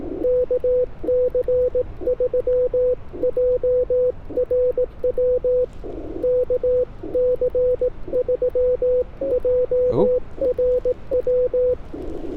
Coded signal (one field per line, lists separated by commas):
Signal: Morse code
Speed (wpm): 18 wpm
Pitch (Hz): 500 Hz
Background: radio noise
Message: KC3JRW KC3JRW